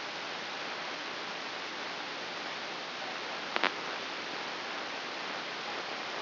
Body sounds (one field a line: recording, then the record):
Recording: brain microelectrode recording played as sound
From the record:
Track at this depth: inside the subthalamic nucleus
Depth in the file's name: 5.735 mm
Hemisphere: right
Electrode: 2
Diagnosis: Parkinson's disease